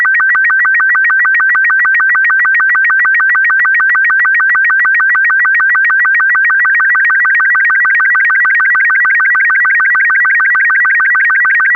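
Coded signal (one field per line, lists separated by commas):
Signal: SSTV (slow-scan television)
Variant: Robot 36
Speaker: this week's sstv decode challenge is using mode robot 36 decoding hints are in the description and you can use your phone to do it volume warning it's going to get really loud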